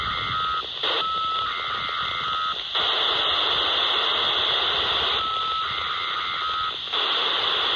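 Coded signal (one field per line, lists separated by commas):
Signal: modem data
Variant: FSK telemetry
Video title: 37.120 MHz 74.4 Hz - FSK Data Bursts SCADA or Telemetry - VHF Low Band DX - 16 February 2023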